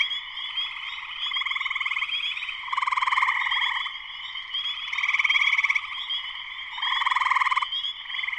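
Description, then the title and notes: Dense chorus of spring peepers: constant piercing peeping underneath, with buzzy pulsed trills rising and falling in waves. Full chorus shortly after sunset, Sleeping Bear Dunes National Lakeshore, northern Michigan, USA. "Spring peepers (chorus frogs) in concert. Spring peepers (chorus frogs) in full chorus shortly after sunset in the Sleeping Bear Dunes National Lakeshore in northern Michigan, USA. Recorded by Darrin Wassom. Part of the Music for Sleep project"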